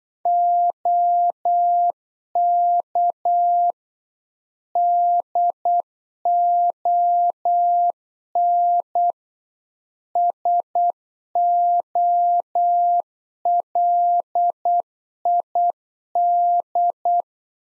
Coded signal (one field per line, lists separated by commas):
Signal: Morse code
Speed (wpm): 8 wpm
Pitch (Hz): 700 Hz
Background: none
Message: OK DON SOLID